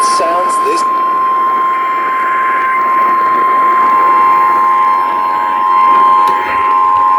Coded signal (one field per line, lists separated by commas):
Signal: Emergency Alert System (SAME) tones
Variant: 1050 Hz attention tone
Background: speech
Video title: From TORs to Random Alerts (EAS Alerts from 7/28/2026) (EAS #1190-1283)